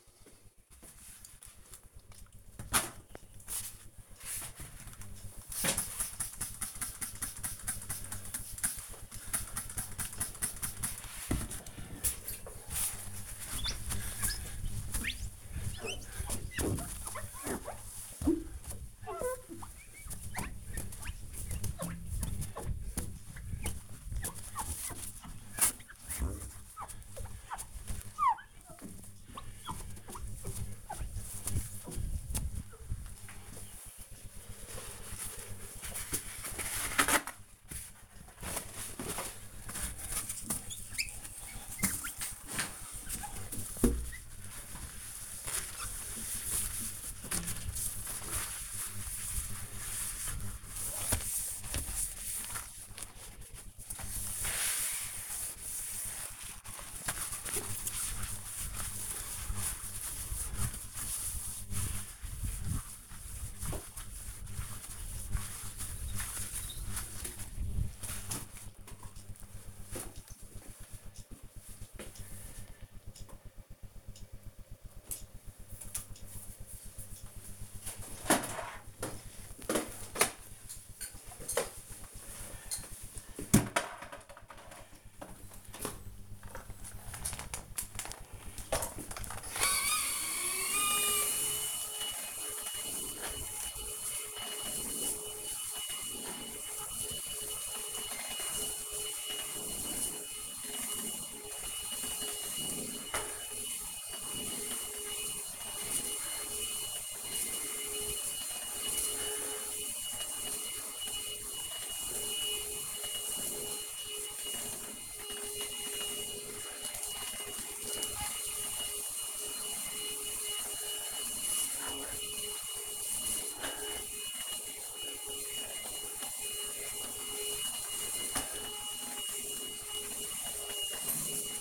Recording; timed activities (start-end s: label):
household activities, microphone on the right wrist
4.64-68.01 s: window cleaning
89.15-131.61 s: vacuum cleaning